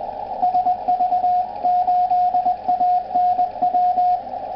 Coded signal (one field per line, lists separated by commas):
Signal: Morse code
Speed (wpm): 20 wpm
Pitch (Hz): 720 Hz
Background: radio noise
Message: SV8ANW